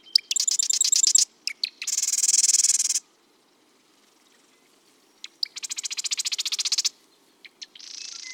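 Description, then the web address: Marsh wren song: fast buzzy, rattling trills of rapidly repeated high notes, each burst about one to one and a half seconds, separated by short clicks and pauses. Recorded at Las Gallinas. "Las Gallinas source Marsh. Wren"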